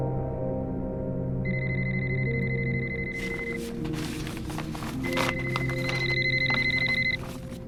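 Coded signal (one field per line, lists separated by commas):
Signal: none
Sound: phone ringtone in movie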